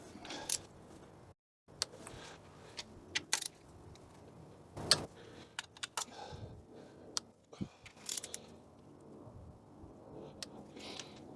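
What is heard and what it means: A click-type torque wrench tightens the valve cover bolts in sequence during reassembly on a 1994 Acura Integra 1.8L after valve cover and cam plug replacement. Sharp metallic clicks ring out over a low background hum as the wrench reaches its setting at 1.8, 4.9 and 7.2 seconds, confirming the bolts are torqued with an even pull.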